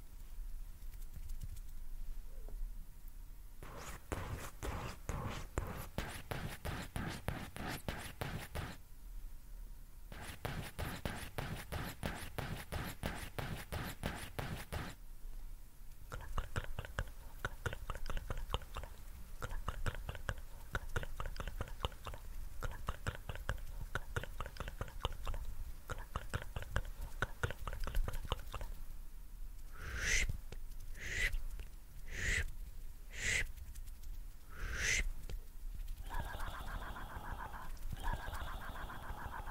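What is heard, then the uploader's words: Soft mouth sounds and rapid tapping run in dense bursts, with a few sharp bright clicks near the end. ASMR PLUCKING AND PULLING YOUR ANXIETY WITH MOUTH SOUNDS, BLOWING, TAPPING, AND MORE.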